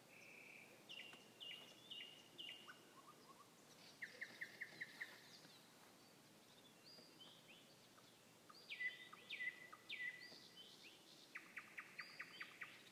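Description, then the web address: Nightingale song in varied phrases: whistled notes, buzzy repeated bursts and rapid chattering trills separated by short pauses. Song recorded 21 May 2016. "slowik-spiew-slowika-21-maja-2016-r"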